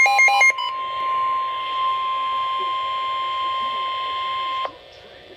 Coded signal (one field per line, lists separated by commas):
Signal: Emergency Alert System (SAME) tones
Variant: 1050 Hz attention tone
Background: speech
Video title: Severe Thunderstorm Warning - EAS #378